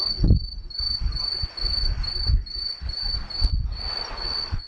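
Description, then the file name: Green tree cricket giving steady, high, ringing tonal pulses in a regular rhythm, with low rumbling background noise and occasional thumps. "aomatumushi"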